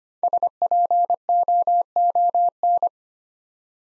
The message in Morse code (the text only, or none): SPOON